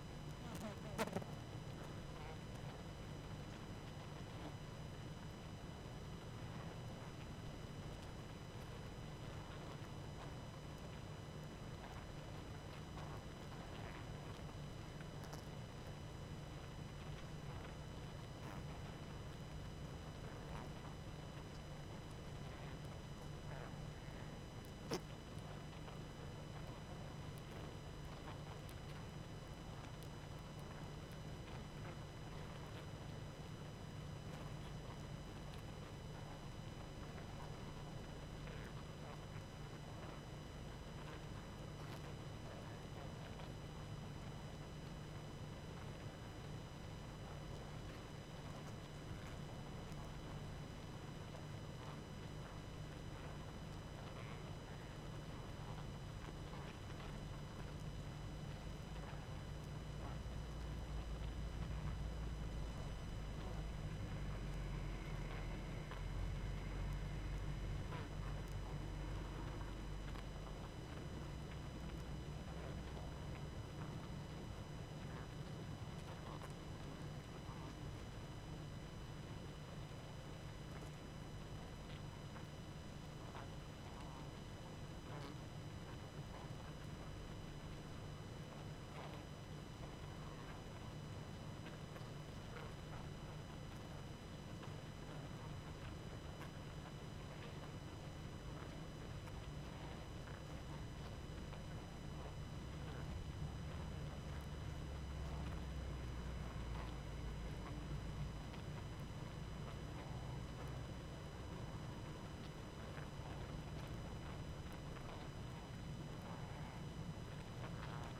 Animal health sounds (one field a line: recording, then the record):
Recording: honeybee colony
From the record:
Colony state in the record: active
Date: 12 June 2018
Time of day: 21:36